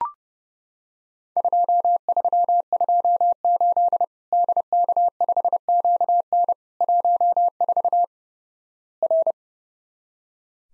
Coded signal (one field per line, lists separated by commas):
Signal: Morse code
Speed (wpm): 30 wpm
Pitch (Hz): 700 Hz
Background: none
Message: 2328 DK5QN 14 R